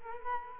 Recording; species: mosquito wingbeat signal from an infrared sensor; Culex quinquefasciatus